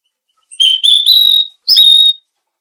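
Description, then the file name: Mangrove blue flycatcher call: two bright, high whistled phrases, the first rising then held, the second sliding down, with a short gap between. "suara burung tledekan laut"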